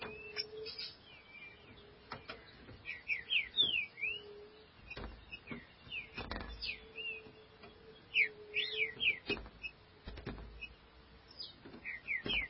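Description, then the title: Green-winged saltator song: whistled slurred notes, some rising and some falling, in bursts, over a low hum, clicks and thumps. "Trinca Ferro"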